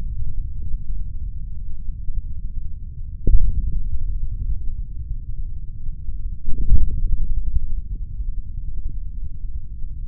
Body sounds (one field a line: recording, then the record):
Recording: forearm muscle sounds (acoustic myography)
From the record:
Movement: hand closing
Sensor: system 3, bracelet of six PUI Audio POM-2738L microphones around the upper forearm, with dedicated amplification and filtering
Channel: 2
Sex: male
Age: 26 years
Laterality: right